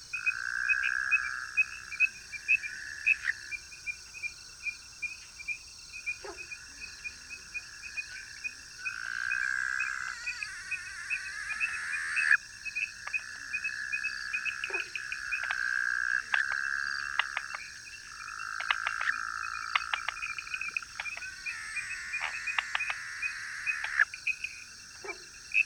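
Taiwanese frogs call in a dense, overlapping chorus of mid-pitched croaking trills that come in bursts every second or two, with sharp clicking notes scattered throughout. A steady, thin, high insect buzz runs underneath the whole time.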